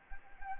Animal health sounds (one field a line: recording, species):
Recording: mosquito wingbeat signal from an infrared sensor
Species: Anopheles gambiae